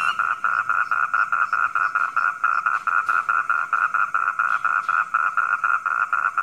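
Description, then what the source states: Frogs repeat short pulsed croaks rapidly in a regular rhythm. Frogs calling at night.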